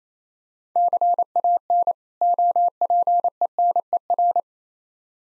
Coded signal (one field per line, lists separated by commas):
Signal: Morse code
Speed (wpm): 27 wpm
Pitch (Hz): 700 Hz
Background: none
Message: CAN OPENER